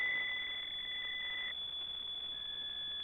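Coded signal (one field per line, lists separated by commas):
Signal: PSK63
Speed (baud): 62.5 baud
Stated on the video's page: Data-mode contest traffic in the RSGB AFS Datamode Contest.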